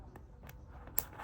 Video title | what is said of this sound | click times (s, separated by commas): Making a personalized classroom attendance and Dlp in notebook Style | tumutunog siya kapag siya ay naka-lock na So ganyan | 1.0 s